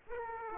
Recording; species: mosquito wingbeat signal from an infrared sensor; Aedes aegypti